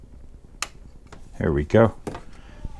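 The plastic steering tie rod of a Tamiya 1/24 Ford Mustang GT4 model car kit is pushed onto the small knob on the steering knuckle, snapping on with a sharp click at 0.6 s, followed by a couple of faint taps while someone talks. The tie rod is clipped in and the steering now moves.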